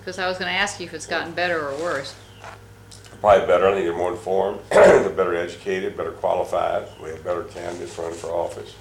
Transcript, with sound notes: Because I was going to ask you if it’s gotten better or worse.
Probably better, I think they’re more informed, [clears throat] better educated, better qualified, we have better candidates running for office,